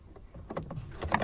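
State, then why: Seated. An emergency warning triangle is slotted back into its recess in the boot floor of a BMW 3 Series 320d (E90/E91/E92) and clasped into place. A few soft knocks around 0.5–0.7 s come before a sharp click at 1.1 s, as the triangle latches into the floor and seats.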